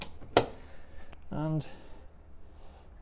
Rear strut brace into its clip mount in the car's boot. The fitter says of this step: get it clicked back into position